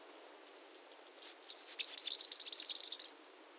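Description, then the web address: Masked flowerpiercer song opening with spaced high chips that quicken into a rapid, tinkling, very high jumbled warble lasting just under two seconds. Recorded at Iguaque, Villa de Leyva, Colombia, and its surroundings. "sonidos de las aves iguaque villa de leyva y sus alrededores 35 Diglosa De Antifaz, Diglossa cyanea"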